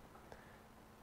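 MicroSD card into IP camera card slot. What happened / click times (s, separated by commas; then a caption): The small card clicked into its slot / 0.3 s. A microSD card is pushed into the card holder of an IP camera, engaging with one small, short click at 0.3 s over a quiet, steady background. The card is seated with positive engagement.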